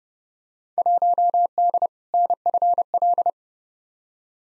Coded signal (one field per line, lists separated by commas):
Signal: Morse code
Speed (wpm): 30 wpm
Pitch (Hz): 700 Hz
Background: none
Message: 1D NFL